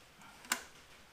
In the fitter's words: Yep. There it is. You hear it snap?